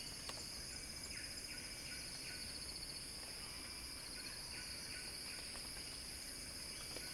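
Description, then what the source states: Cicada buzzing in a continuous high drone with a fast pulsing texture and several faint descending chirps underneath. Cicada song building in a crescendo.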